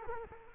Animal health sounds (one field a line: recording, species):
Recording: mosquito wingbeat signal from an infrared sensor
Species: Culex quinquefasciatus